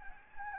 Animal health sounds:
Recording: mosquito wingbeat signal from an infrared sensor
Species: Anopheles gambiae

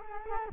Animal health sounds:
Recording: mosquito wingbeat signal from an infrared sensor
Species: Culex quinquefasciatus

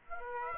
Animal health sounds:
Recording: mosquito wingbeat signal from an infrared sensor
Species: Aedes aegypti

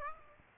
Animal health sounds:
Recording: mosquito wingbeat signal from an infrared sensor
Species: Aedes aegypti

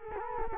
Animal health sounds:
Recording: mosquito wingbeat signal from an infrared sensor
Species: Culex quinquefasciatus

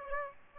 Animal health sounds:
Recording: mosquito wingbeat signal from an infrared sensor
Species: Aedes aegypti

